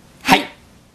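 Dog barking: a single short, sharp bark, then quiet.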